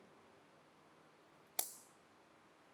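A spring-loaded spool holder of a sewing machine is pushed slowly onto the crowned shaft, and its lever rides up and then drops into the shaft groove under spring force. Against a faint, steady background, a single sharp, bright click sounds at 1.6 s and fades out over a fraction of a second. The spool holder is seated on the shaft.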